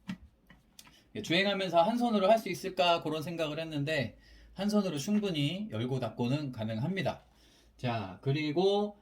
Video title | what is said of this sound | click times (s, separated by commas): 이 가격에 이구성이??!! LS2 MX701 EXPLORER 듀얼헬멧멀티퍼포즈헬멧 | 눌러주면 딱 소리가 나면서 쉴드가 닫힙니다 | 0.8 s